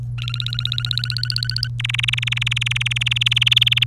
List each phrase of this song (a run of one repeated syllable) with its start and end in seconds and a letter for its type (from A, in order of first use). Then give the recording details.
0.18-1.68 A, 1.79-3.84 B. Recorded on 1 May 2018 at 07:08. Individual llb3